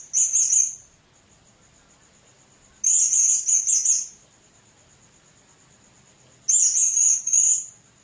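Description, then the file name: Blue-crowned hanging parrot giving three bursts of high, fast, chattering chirps, each about a second long, spaced by quiet pauses. "serindit"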